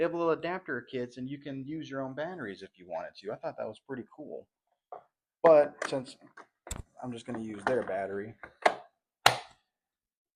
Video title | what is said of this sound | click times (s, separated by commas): Unboxing and review of the Flowzone typhoon 3! | snaps into place. Nice. | 9.3 s